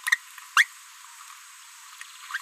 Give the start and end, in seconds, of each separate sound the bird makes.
0.56-0.65